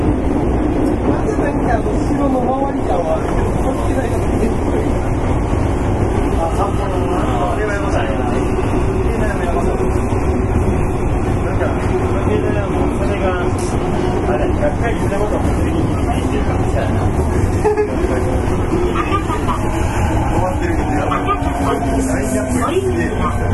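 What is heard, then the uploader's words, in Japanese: A Fukuoka City Subway 1000 series train running, with a steady, dense rumble and roar that stays loud throughout. Low wheel and motor noise dominates, with faint tonal whines sliding up and down and a brief knock near eighteen seconds. 福岡市交通局 1000系電車の走行音です。空港線にて収録。区間は福岡空港から姪浜までです。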